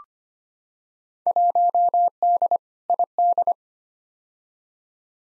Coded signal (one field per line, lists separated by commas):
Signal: Morse code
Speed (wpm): 25 wpm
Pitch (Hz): 700 Hz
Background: none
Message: 1D ID